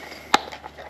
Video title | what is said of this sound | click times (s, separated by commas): How To Change Oil In A Jeep Gladiator (Step-By-Step Guide) | pops in place. | 0.3 s